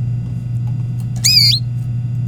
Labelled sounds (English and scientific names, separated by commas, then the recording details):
Domestic Canary (Serinus canaria) song
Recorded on 24 April 2018 at 18:27
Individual llb3